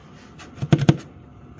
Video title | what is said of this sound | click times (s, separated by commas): 02 ZR 600 efi Rebuild -- Wrecked Edition Part 6 -- Wiring up the engine. | but it just pops right in there it's | 0.7 s, 0.9 s